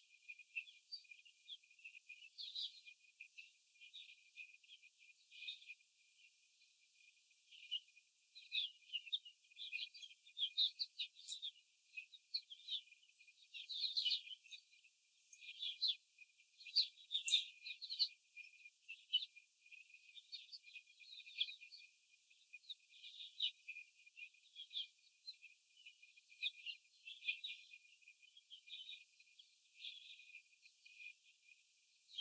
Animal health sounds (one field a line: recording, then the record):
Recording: young laying hens in a cage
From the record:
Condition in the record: after the stressor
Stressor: simulated dog barking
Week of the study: 4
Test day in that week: 3